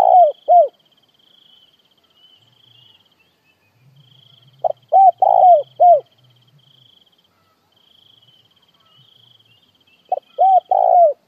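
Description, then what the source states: Spotted dove repeating its coo phrase of short lead note and three mellow notes roughly every five seconds, with a soft high insect trill throughout. Calling to gather the flock.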